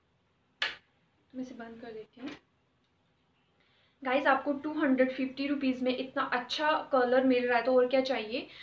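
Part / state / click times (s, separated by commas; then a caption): plate lock on a hair straightener/curler / seated / 0.6 s. After styling, the plastic-and-metal plates of a Nova 2-in-1 hair straightener and curler are closed and the plate lock is engaged, giving a single sharp tick at 0.6 s as it locks easily. Someone then talks for the rest of the clip.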